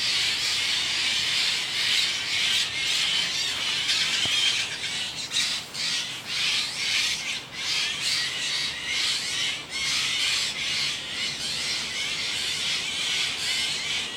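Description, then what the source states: Steller's jay mobbing calls: hissing, grating rasps in a dense series, roughly two per second, with little pause between notes. Mobbing calls, northwestern California.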